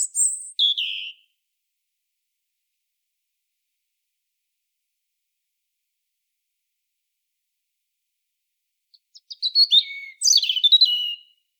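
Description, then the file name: European robin song: a brief high phrase sliding downward at the start, a long silence, then a varied, twittering phrase of thin notes near the end. "Erithacus rubecula"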